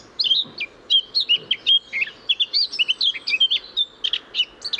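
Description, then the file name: Eurasian blackcap singing crisp, loud, rapidly alternating high whistles and chirps in an unbroken jumble. "Sylvia atricapilla"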